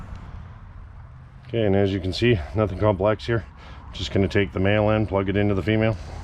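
A male MC4 solar connector is handled as it is brought toward the female MC4 connector on the solar lead, while a man talks over a low background hum. The clip ends before the plug goes home; nothing has seated or clicked yet.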